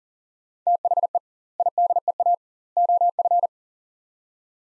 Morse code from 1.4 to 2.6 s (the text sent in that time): IDEA